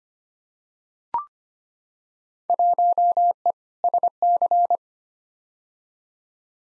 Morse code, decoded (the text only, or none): 1E SC